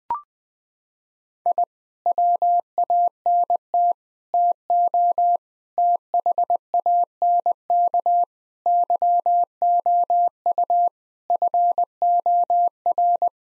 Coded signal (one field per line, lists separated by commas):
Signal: Morse code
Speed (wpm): 20 wpm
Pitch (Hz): 700 Hz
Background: none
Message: I WANT TO THANK YOU FOR